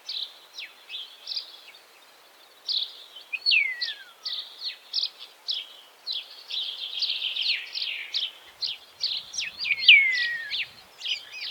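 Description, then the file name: Common starling song of short chirps and clicks, with two clear descending whistles slurring down, phrases coming in a fast irregular series. "Golosa ptic i zverei - Skvorec"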